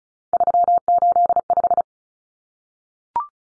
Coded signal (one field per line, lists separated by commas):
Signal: Morse code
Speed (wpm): 34 wpm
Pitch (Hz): 700 Hz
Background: none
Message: 385